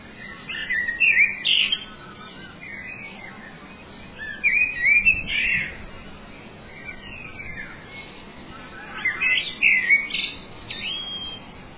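Bird singing several high twittering bursts with quiet gaps between, the notes quick and tumbling.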